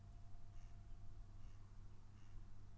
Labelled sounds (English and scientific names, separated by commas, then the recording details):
Mallard (Anas platyrhynchos)
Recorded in Germany
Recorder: ecoPi